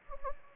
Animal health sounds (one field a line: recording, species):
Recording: mosquito wingbeat signal from an infrared sensor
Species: Anopheles gambiae